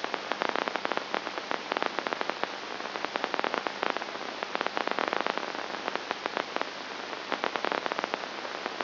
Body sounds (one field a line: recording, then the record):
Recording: brain microelectrode recording played as sound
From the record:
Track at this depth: outside the subthalamic nucleus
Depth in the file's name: 0.109 mm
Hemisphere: left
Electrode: 2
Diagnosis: Parkinson's disease